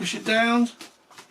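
Someone talks while handling the plastic canopy cover on the fuselage of an Arrows Hobby Tecnam 2010 RC model airplane, pushing it down, followed by faint soft handling sounds. The cover has not yet clicked into place and nothing has seated.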